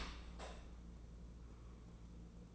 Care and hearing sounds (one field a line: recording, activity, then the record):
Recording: daily activity, microphone in the room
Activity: open dishwasher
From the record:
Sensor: 1